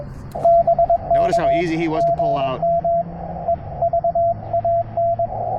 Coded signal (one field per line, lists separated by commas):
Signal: Morse code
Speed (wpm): 21 wpm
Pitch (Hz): 680 Hz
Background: speech, radio noise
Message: BK GM EVAN